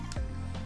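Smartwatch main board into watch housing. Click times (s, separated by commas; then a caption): 0.1 s. A Fitbit Blaze smartwatch main board is pressed into its plastic watch housing after being lined up, and it clicks into place with a sharp snap at 0.1 s over steady background music. A softer knock follows at 0.7 s, and the board is seated.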